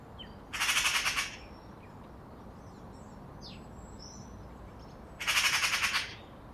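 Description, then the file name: Eurasian magpie calls: two loud, dry rattling chatters about four and a half seconds apart, each a quick run of harsh notes, with faint bird calls between them. "Pica pica"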